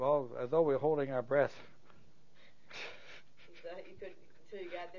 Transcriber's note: laughs